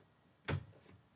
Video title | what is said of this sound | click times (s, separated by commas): Nuvo Sparkle Powder & Embossing with a Cricut | and when you push it in just push it in gently and you'll hear a little click | 0.5 s